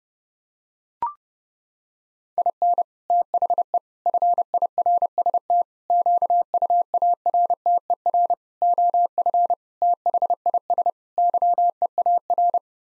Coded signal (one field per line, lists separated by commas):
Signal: Morse code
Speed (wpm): 30 wpm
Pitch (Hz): 700 Hz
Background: none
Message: IN THE FIRST QUARTER OF THIS YEAR